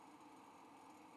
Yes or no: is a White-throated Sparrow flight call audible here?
no